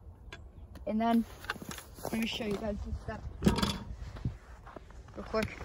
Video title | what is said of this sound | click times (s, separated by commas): DJI Inspire 2 Review and Flight | put it on until it clicks in. | 0.3 s